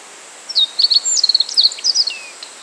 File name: Emberiza cioides